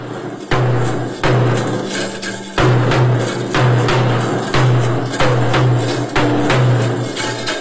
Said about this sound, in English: This is round drum.